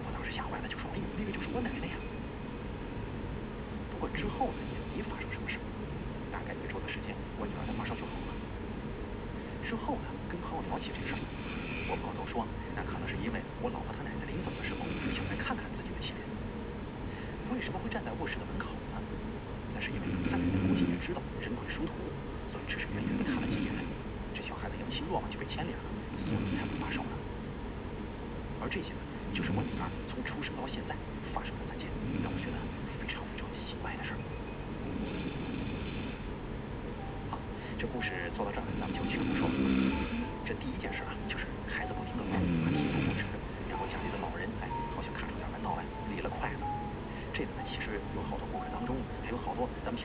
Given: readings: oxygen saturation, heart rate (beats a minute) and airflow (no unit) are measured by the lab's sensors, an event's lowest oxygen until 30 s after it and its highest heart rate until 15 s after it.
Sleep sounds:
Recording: breathing in sleep by a voice recorder at the bedside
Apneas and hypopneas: 1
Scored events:
22.00-40.80 s: hypopnea (N2, oxygen 94% highest, then 92% lowest)
From the record:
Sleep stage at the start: N2 (light sleep)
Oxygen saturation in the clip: 93 to 95%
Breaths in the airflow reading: 13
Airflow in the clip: -4.7 to 8.8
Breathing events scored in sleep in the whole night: 335 in 6.7 hours asleep

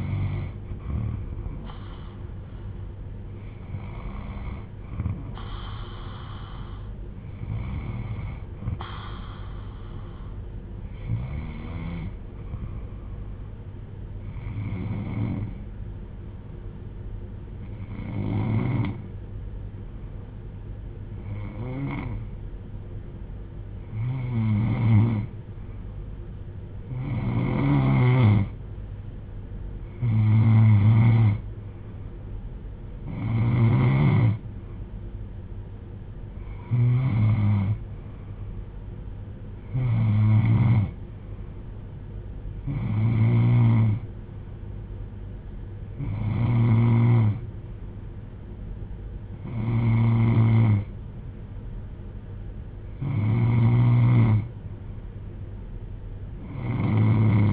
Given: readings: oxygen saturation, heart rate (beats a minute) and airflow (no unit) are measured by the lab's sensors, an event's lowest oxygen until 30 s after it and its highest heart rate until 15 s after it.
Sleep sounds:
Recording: breathing in sleep by a smartphone at the bedside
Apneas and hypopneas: 1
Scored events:
12.00-29.60 s: hypopnea (N2, oxygen 95% highest, then 91% lowest)
From the record:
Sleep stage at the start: N2 (light sleep)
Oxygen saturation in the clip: 90 to 95%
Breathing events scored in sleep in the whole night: 310 in 8.1 hours asleep

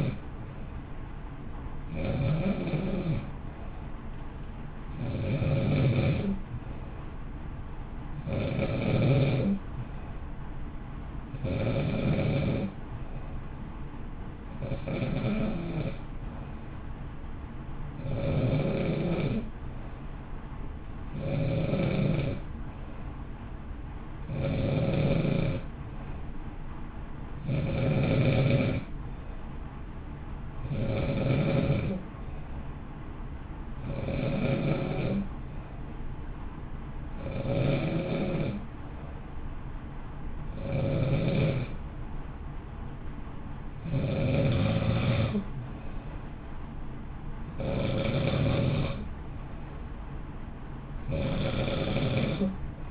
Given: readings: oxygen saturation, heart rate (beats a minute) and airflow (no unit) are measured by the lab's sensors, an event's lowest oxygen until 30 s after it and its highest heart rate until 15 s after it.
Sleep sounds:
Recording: breathing in sleep by a smartphone at the bedside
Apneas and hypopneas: none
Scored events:
none scored
From the record:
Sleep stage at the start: N2 (light sleep)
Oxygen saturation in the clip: 91 to 93%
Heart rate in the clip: 55 to 60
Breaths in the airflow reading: 18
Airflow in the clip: -0.8 to 0.7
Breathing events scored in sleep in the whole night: 328 in 6.3 hours asleep

